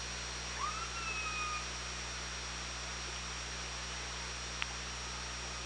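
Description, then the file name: Orca tonal call, one smooth upswept then gently falling whistle lasting about a second, followed by a brief click, against steady underwater hiss and low hum. Hydrophone at OrcaLab, 24 August 2017, 18:03. "Orca Lab UTLN JASON 20170824 180336"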